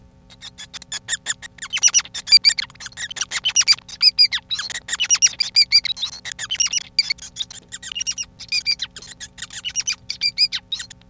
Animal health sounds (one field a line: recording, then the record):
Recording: song of a male Bengalese finch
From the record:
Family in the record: son of father 5